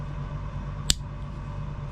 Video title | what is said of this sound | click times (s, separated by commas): Folding camping knives, tactical knives and a knife sharpener, my collection. | um blade locks in place | 0.9 s